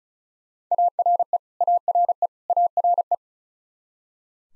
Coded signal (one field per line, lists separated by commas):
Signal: Morse code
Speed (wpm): 34 wpm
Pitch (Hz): 700 Hz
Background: none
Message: ARE ARE ARE